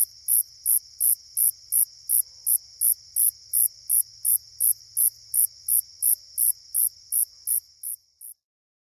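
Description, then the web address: Slightly musical conehead song: a steady series of high, buzzy pulses, stopping after roughly eight seconds. "The Songs of Insects. Slightly Musical Conehead"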